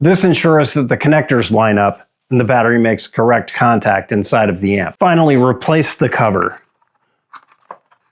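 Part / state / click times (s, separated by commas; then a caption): battery cover into the back panel of a portable guitar amp / seated / 7.7 s. Someone talks, then after a short pause the plastic battery cover is slid back into place on the back panel of a Positive Grid Spark 2 portable guitar amp, after the battery has been installed. A few faint taps lead to a sharp snap at 7.7 s as the cover clicks shut and seats.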